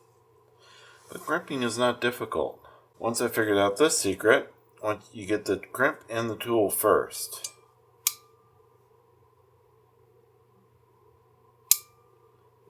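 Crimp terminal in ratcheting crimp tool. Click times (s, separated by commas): 8.1 s, 11.7 s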